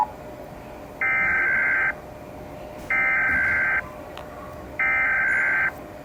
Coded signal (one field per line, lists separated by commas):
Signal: Emergency Alert System (SAME) tones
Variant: header bursts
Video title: International eas alarm’s: part 5 (Remake)